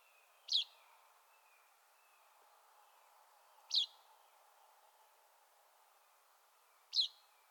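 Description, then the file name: Common chaffinch calling with short, sharp metallic notes, three evenly spaced about three seconds apart over a steady background hiss. "Fringilla coelebs"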